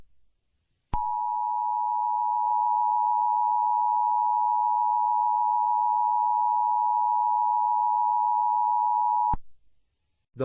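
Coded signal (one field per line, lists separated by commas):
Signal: Emergency Alert System (SAME) tones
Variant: 853 and 960 Hz attention tone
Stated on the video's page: Fictional EAS scenario made with CapCut, Audacity and text-to-speech software.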